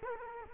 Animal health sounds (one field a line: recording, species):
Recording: mosquito wingbeat signal from an infrared sensor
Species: Culex quinquefasciatus